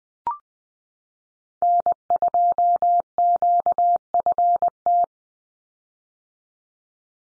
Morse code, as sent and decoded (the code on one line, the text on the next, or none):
-. ..--- --.- ..-. -
N2QFT